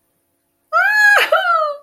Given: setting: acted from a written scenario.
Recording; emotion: vocal sound without words; fear